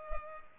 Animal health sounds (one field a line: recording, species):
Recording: mosquito wingbeat signal from an infrared sensor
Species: Culex pipiens